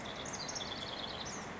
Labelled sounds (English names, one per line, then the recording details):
House Wren
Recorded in Sonoma County, California